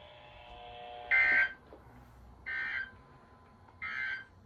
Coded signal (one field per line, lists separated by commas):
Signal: Emergency Alert System (SAME) tones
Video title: More testing (EAS 428-429)